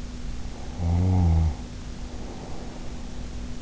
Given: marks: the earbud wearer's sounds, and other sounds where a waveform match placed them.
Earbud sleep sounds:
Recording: sounds in sleep by an in-ear microphone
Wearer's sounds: snoring breath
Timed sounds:
0.43-3.14 s: snoring breath

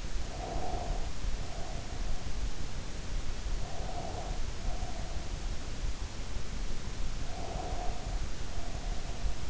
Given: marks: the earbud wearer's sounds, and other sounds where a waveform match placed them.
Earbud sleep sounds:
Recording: sounds in sleep by an in-ear microphone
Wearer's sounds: breath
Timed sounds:
0.17-2.38 s: breath
3.46-5.47 s: breath
7.28-9.50 s: breath

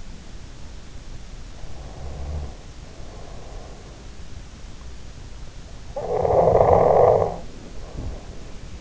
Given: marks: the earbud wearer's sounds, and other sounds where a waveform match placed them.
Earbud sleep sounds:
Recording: sounds in sleep by an in-ear microphone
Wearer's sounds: breath, snoring breath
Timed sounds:
1.57-4.22 s: breath
6.00-8.81 s: snoring breath

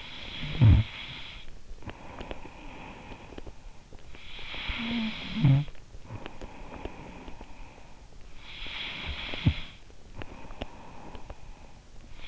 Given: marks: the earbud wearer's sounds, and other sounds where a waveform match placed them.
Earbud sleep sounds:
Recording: sounds in sleep by an in-ear microphone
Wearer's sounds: snoring breath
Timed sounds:
0.00-12.28 s: snoring breath

